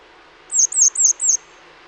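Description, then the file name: Grey wagtail call, four loud, sharp, high-pitched notes in a fast tight series, then quiet. Recorded in Utrecht. "Grote gele kwikstaart in Utrecht - luc de bruijn"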